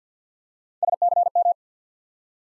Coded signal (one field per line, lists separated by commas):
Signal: Morse code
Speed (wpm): 50 wpm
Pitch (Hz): 700 Hz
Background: none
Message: SCM